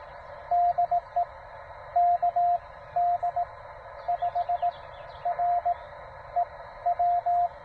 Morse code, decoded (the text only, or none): DE KD5REW